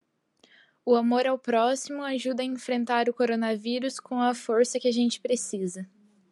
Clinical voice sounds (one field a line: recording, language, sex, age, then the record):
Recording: spoken sentence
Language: Brazilian Portuguese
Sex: female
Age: 18 to 19 years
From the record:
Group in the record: control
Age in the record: 19 years